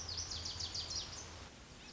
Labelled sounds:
Lazuli Bunting (Passerina amoena)
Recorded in Sonoma County, California

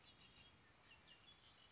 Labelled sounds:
Red-winged Blackbird (Agelaius phoeniceus)
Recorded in Sonoma County, California

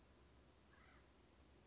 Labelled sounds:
Acorn Woodpecker (Melanerpes formicivorus)
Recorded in Sonoma County, California

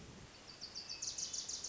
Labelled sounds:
Wilson's Warbler (Cardellina pusilla)
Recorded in Sonoma County, California

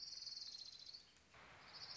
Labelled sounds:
Orange-crowned Warbler (Leiothlypis celata)
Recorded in Sonoma County, California

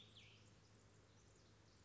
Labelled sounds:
Cassin's Vireo (Vireo cassinii)
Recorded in Sonoma County, California

